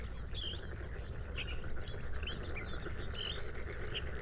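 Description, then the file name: Bluethroat song of scattered high whistled notes in short bursts, over low background noise. Recorded at Sha Cheng Wetland, Hebei, China, on 5 May 2025 at 06:10; three bursts of song separated by fades. "2025-05-05-0610-Bluethroat- three-bursts-of-song-separated-by-fades-Sha Cheng-Wetland-Hebei"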